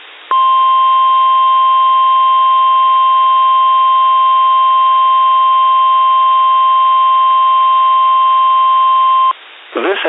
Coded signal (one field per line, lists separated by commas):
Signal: Emergency Alert System (SAME) tones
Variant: 1050 Hz attention tone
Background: speech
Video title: NOAA Weather Radio Weekly Test on WXJ41 Hartford, CT (8/10/22) (EAS #39)